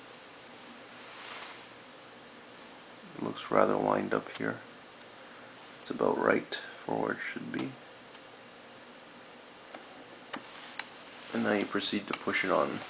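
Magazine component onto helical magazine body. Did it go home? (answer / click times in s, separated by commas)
no / none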